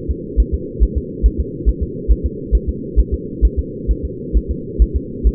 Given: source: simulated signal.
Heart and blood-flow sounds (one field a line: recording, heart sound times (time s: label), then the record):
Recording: fetal heart sounds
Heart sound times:
0.11 s: S2
0.40 s: S1
0.54 s: S2
0.83 s: S1
0.98 s: S2
1.26 s: S1
1.40 s: S2
1.69 s: S1
1.83 s: S2
2.11 s: S1
2.26 s: S2
2.55 s: S1
2.69 s: S2
3.00 s: S1
3.14 s: S2
3.45 s: S1
3.59 s: S2
3.91 s: S1
4.05 s: S2
4.37 s: S1
4.51 s: S2
4.82 s: S1
4.96 s: S2
5.27 s: S1
From the record:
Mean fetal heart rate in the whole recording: 135 bpm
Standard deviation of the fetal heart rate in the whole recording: 3 bpm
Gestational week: 34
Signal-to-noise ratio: -4.1 dB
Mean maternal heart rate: no maternal heart sound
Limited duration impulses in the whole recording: absent